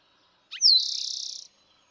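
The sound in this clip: Eastern Towhee song, a brief note and a downward whistle leading into a rapid buzzy trill of under a second, then quiet.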